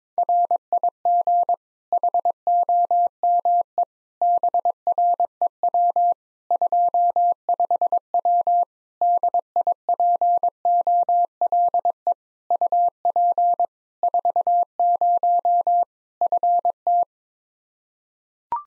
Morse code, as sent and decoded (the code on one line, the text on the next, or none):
.-. .. --. / .... --- -- . / -... .-. . .-- / ..--- ..... .-- / -.. .. .--. --- .-.. . / ..- .--. / ....- ----- / ..-. -
RIG HOME BREW 25W DIPOLE UP 40 FT